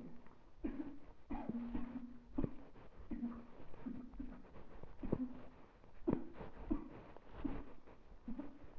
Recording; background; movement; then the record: throat clearing; quiet; walking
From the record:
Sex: female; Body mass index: 36.4 kg/m2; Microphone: on the chest, facing the body